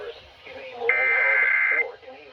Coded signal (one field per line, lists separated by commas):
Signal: Emergency Alert System (SAME) tones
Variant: header bursts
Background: speech